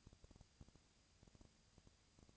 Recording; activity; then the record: daily activity, microphone in the room; no activity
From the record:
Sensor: 2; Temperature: 20.1 degrees Celsius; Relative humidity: 35.5%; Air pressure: 996.9 hPa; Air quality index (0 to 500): 197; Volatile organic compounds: 30 ppm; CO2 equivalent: 2958 ppm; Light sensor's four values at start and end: 2/3/2/2 and 2/3/2/2